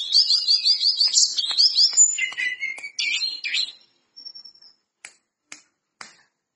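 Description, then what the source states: Lesser Shortwing song: a fast, bubbling trill of high looping notes for about four seconds, then one thin whistle and a few sharp clicks. Bird singing actively; the source calls the singing gacor.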